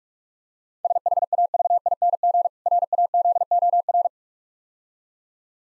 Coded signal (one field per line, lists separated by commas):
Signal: Morse code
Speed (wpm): 46 wpm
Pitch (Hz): 700 Hz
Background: none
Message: SHAVING RAZOR